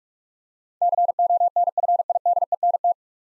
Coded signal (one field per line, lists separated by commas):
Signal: Morse code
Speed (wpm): 44 wpm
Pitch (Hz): 700 Hz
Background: none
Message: CONFIDENT